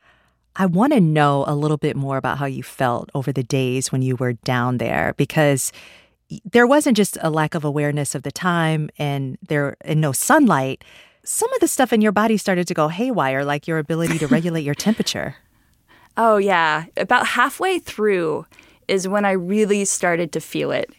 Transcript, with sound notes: I want to know a little bit more about how you felt over the days when you were down there because there wasn't just a lack of awareness of the time and no sunlight. Some of the stuff in your body started to go haywire, like your ability to regulate your temperature.
(Laughter) Oh, yeah. About halfway through is when I really started to feel it.